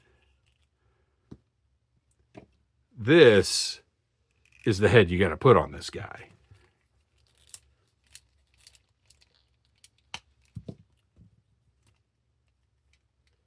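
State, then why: Seated. A plastic head is pressed onto the neck peg of a Super7 Transformers Ultimates Bludgeon toy robot action figure while someone talks, followed by a few faint handling ticks. A sharp pop at 10.1 s marks the head seating onto the neck joint, and it goes on more easily than expected.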